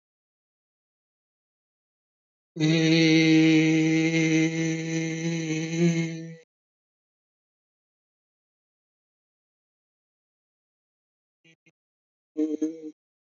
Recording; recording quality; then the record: sustained vowel as in made; excellent, no background noise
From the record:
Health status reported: healthy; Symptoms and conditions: none ticked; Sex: male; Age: 70 years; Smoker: not ticked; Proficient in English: yes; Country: India